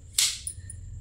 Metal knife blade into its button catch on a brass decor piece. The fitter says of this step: டக்குன்னு ஒரு சவுண்டு வரும். அப்படியே போய் லாக் ஆகிருந்தா